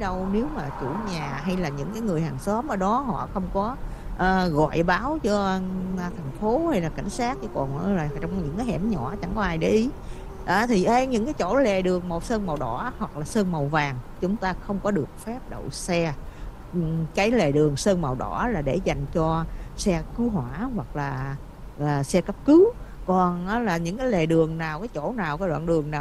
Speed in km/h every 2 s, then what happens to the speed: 58, 58, 58, 61, 63, 63, 61, 61, 58, 55, 52, 47, 42.
0-14 steady at about 61. 14-26 slows to 42.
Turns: none.